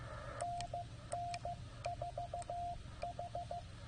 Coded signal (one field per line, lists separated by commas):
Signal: Morse code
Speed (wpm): 15 wpm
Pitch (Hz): 700 Hz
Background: radio noise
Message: NN4H